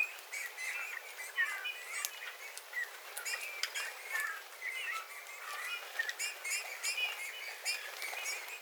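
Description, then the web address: Eurasian bullfinch song: a run of soft creaky and whistled notes, fairly continuous, mixed with frequent clicking and crackling sounds. Several bullfinches singing, recorded 13 February 2026. "paivat 13 2 2026 punatulkkujen laulua"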